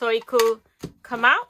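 A plastic punch cartridge is being handled at a handheld craft punch tool after the previous cartridge was removed with the release button. Someone talks, and a short faint rattle is heard near 0.8 s. Nothing has seated or clicked yet.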